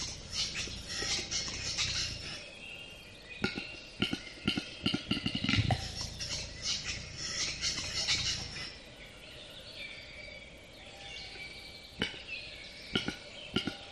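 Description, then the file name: Western capercaillie display: sharp dry clicks and a low popping burst, then softer scraping sounds. "audio hero Bird Capercaillie"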